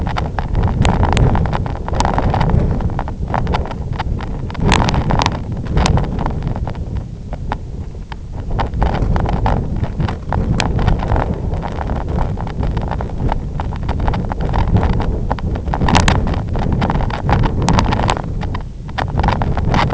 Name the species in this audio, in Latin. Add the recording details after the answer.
none. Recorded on Arctic tundra, site IGLO-F, on 23 June 2018. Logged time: 12:00